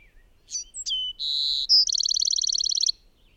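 Bird song: two sharp notes, a sustained whistle, a brief high tone, then a quick, even trill of many pulses.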